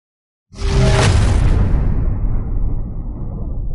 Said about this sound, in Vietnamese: Lời vừa dứt, từ trung tâm tòa thành truyền đến một tiếng vang thật lớn. Cả tòa phế thành đều ầm ầm chấn động theo.